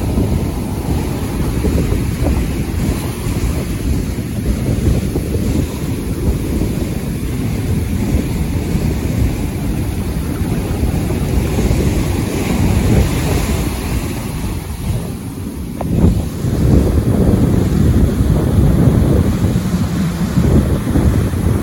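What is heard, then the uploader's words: Beach sounds from a Florida beach, dominated by a heavy, low rumble of wind buffeting the microphone and surf. The roar stays dense and steady throughout, with a brief dip around fifteen seconds before it surges back louder. Take an hour to relax with beach sounds from a Florida beach.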